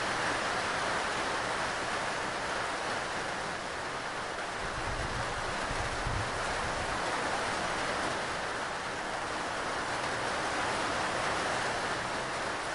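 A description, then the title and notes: Hard rain beats on a roof in a dense, unbroken hiss that holds steady for the whole stretch. The sound is bright and full, with a soft low rumble underneath that swells briefly around the middle before settling back. Hard Rain: A Soothing Sound from Hitting A Roof. Hard rain sounds.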